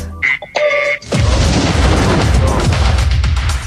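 explosion sound effect

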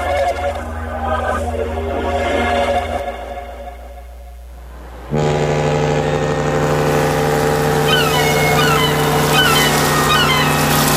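motorboat engine on water

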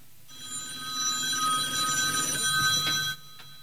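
telephone ringing

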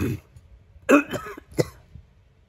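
violent coughing fit

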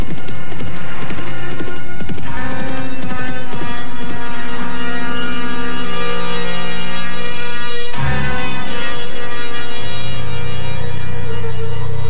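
horse hooves galloping

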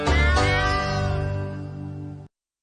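cat meowing

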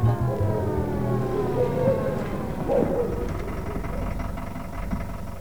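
police car siren

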